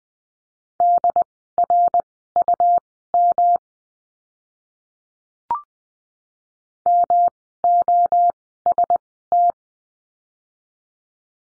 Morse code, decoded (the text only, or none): DRUM MOST